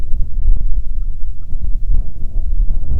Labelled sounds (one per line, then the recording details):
wind
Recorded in the Prudhoe Bay oil fields, Alaska, on 6 June 2019 at 03:36
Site 16